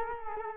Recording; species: mosquito wingbeat signal from an infrared sensor; Culex quinquefasciatus